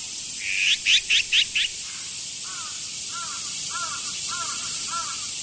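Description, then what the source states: Azure-winged magpie calls: a quick run of five harsh, rasping notes, then a series of softer, lower, two-part notes repeated roughly every half second over steady background hiss. Yoyogi Park, Tokyo.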